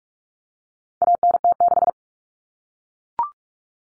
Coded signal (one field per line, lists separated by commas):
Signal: Morse code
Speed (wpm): 44 wpm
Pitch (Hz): 700 Hz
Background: none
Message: ANT6